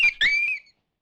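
Coyote pup distress cries: two short, high, squealing whines, the second rising then held briefly before fading out, all within under a second.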